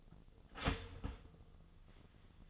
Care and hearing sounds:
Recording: daily activity, microphone in the room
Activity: start toaster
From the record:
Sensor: 4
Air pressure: 1010.0 hPa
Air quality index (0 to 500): 180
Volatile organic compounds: 5 ppm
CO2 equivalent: 1819 ppm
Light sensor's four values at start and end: 22/67/26/26 and 23/68/26/26

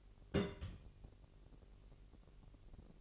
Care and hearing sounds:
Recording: daily activity, microphone in the room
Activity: place on stove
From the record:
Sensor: 4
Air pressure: 1002.8 hPa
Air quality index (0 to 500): 237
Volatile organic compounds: 10 ppm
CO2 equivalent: 2219 ppm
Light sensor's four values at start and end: 7/15/6/6 and 6/14/6/6

